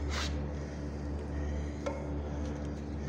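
A steel retaining circlip is fitted into its groove on the bearing shaft of an RWM centrifuge lid over a steady low hum. A single quiet, sharp snap is heard at 1.9 s as the circlip seats in the groove.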